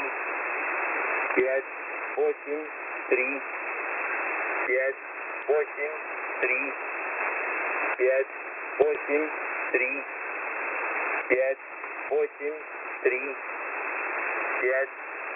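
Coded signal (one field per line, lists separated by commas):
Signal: numbers station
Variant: S06b Russian Man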